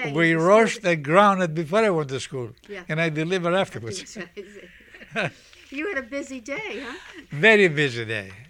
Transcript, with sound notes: We, we roast and ground it before I went to school...
Yeah.
...and I delivered afterwards. (they laugh)
You had a busy day, huh?
Very busy day.